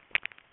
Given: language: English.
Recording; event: throat vibration sensor signal played as sound; swallow